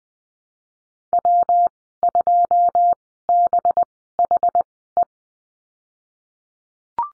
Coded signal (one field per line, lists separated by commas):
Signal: Morse code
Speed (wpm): 20 wpm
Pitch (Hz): 700 Hz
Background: none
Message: W2BHE